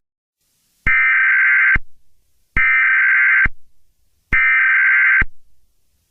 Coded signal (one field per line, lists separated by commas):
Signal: Emergency Alert System (SAME) tones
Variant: header bursts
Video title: EAS Scenario #30: The Sniper Part 2: The American troubles.